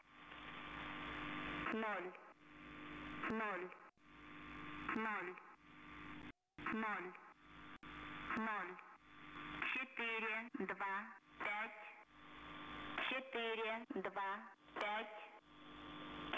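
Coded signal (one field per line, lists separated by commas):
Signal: numbers station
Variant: S06s, female voice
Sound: overmodulated automated female voice reading short number groups over radio hiss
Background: radio static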